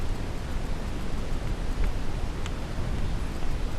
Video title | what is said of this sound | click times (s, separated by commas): How to Install RAM in a Toshiba Laptop | you put the cover back on and just snap it into place all along the edge make | 1.8 s, 2.5 s